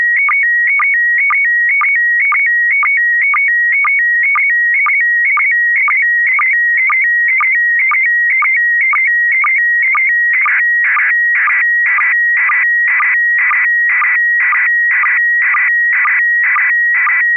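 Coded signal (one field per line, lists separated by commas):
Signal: SSTV (slow-scan television)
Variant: PD 120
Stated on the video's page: SSTV images sent with MMSSTV on a weekly SSTV net via an FM repeater on 441.300 MHz, Sacramento, CA.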